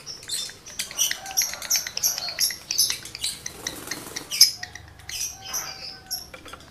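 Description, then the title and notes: Lovebird song of fast, high-pitched twittering chirps and clicks, delivered in continuous chattering bursts with brief buzzy squeaks. Male lovebird in breeding condition; song used as a lure to stimulate other lovebirds to sing. "Birahi Lovebird Jantan ke Gacor. Pancingan Suara Lovebird jantan birahi"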